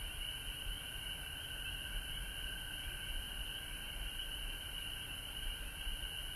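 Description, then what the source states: Chorus of frogs, many overlapping fast-pulsed high trills forming an unbroken drone, with a faint high insect-like hiss and low background rumble underneath. Frogs recorded at home in Georgia on March 19, 2020.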